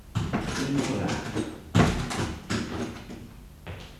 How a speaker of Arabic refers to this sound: المسمع الثاني، العيادة الخاصة بالحجز، جو مكتوم، أصوات أبواب وعبارات غير واضحة.